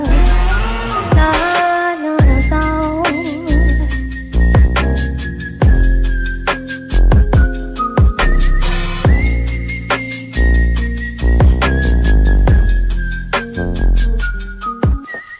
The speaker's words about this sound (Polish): Ale sobie ładnie pogwizduję